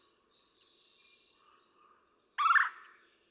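Red-bellied woodpecker giving a single loud harsh churr call near the end, after fainter thin high notes.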